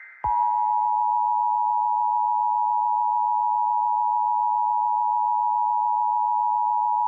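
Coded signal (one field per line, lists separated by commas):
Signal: Emergency Alert System (SAME) tones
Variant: 853 and 960 Hz attention tone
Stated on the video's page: Fictional EAS scenario.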